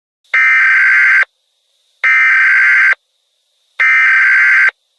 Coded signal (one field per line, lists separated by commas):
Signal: Emergency Alert System (SAME) tones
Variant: header bursts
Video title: EAS Scenario #10: The Verneshot